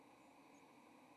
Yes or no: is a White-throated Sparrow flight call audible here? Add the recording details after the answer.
no. Another species' flight call is heard. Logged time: 08:28 on 30 October 2014